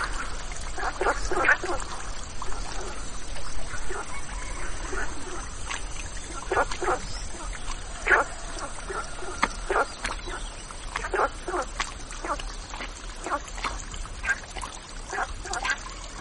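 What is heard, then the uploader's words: Frogs call in dense, overlapping croaks by a riverside, short bursts every second or so over a steady bright hiss of insects. The sound of frogs, the cool riverside is mixed with a trace of coolness.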